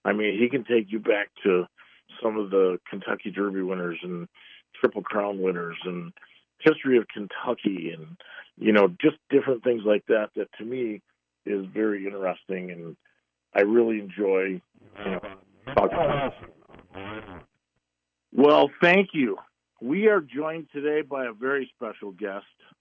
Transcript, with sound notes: I mean, he can take you back to some of the Kentucky Derby winners and Triple Crown winners and history of Kentucky and, you know, just different things like that that, to me, is very interesting and I really enjoy, uh,. (voice distorts) Oh, awesome. Well, thank you. We are joined today by a very special guest,